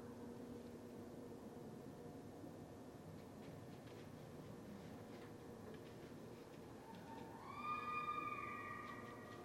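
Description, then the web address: Red fox giving one strained, wavering call late on, after faint ticking sounds and constant low hum. Recorded at night on 17 December 2011. "Red Fox 2011 12 17 Red Fox. night-sounds-pt-7-red-foxes"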